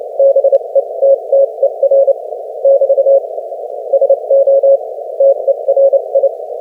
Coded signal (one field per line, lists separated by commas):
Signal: Morse code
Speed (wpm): 26 wpm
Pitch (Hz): 550 Hz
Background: none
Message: BETTER <BT> SO TERI